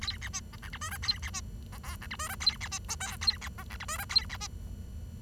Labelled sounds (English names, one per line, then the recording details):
Bengalese Finch song
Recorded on 23 June 2012 at 08:38
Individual gr41rd51